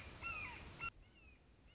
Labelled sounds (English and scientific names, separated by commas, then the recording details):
Red-shouldered Hawk (Buteo lineatus)
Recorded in Sonoma County, California